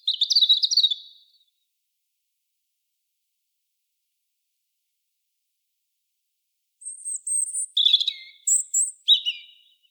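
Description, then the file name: European robin song: a brief high warbling phrase, then about five seconds of silence before several sweet, twittering phrases jump between high and very high pitches. "Erithacus rubecula"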